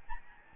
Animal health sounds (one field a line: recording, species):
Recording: mosquito wingbeat signal from an infrared sensor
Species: Aedes albopictus